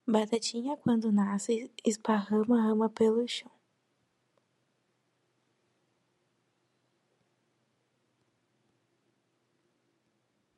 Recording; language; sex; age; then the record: short text; Brazilian Portuguese; female; 18 to 19 years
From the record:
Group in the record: control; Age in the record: 18 years